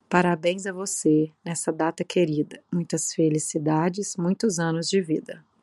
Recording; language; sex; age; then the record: short text; Brazilian Portuguese; female; 30 to 39 years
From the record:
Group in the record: control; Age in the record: 37 years